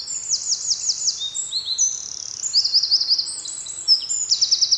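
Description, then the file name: Eurasian wren song: a rapid, high-pitched run of sharp trills and ringing whistled notes, with several fast rattling bursts strung together without pause. "Troglodytes troglodytes"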